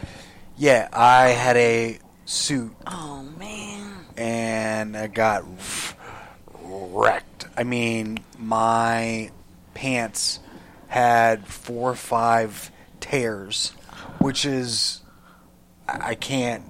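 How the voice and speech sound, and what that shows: An adult man with aphasia speaks haltingly. His phrases are short and broken by frequent pauses. He restarts and abandons sentences as he searches for words.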